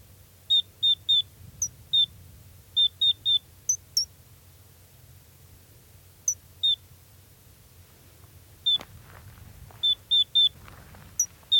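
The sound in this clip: Gray's lark giving sharp, high, clipped notes in scattered bursts of two to four, some pitched higher than others, with short pauses and a faint low background hum.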